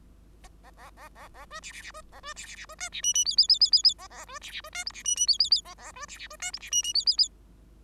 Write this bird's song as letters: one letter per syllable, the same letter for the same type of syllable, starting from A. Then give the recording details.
A A A A A B C C C B A B C C C B D C E E F F F F F F A A B C C B D G C E E F F F A A B C C B D G C E E F F F. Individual Bird5